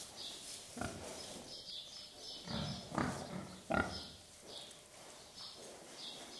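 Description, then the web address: Pigs grunting and snorting in short bursts, a few louder grunts near the middle, over steady background noise. Pigs in a shed. "BBC Pigs. pigs in shed with distant birds"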